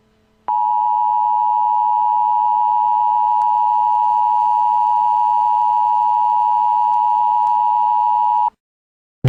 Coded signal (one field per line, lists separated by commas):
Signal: Emergency Alert System (SAME) tones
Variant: 853 and 960 Hz attention tone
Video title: EAS Mini Scenario: The Nuclear Gas Leak!